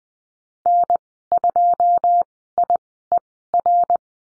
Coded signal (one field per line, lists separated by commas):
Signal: Morse code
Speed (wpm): 20 wpm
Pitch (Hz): 700 Hz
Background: none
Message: N2IER